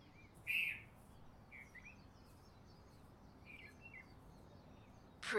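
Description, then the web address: Bird chirps: a loud bright note, then a few softer short chirps spaced out over several seconds, with faint twittering and steady background hiss. Recorded in Honolulu in the morning. "lynne-publishing Honolulu Morning Bird"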